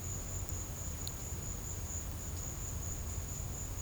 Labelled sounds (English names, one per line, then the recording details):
none
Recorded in secondary vegetation near Puerto Asís, Putumayo, Colombia, on 21 December 2024 at 12:00
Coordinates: 0.499, -76.323
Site G010